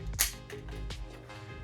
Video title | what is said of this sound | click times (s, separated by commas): How to Custom Paint A Nintendo 64 Console Tutorial (Multiple Colors) | okay so you got it in there it just pops right in | 0.2 s